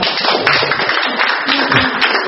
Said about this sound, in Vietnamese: Vâng, một anh thanh niên mà thuộc được ngắm thứ năm mùa vui, đáng là một tràng pháo tay thưa anh chị em.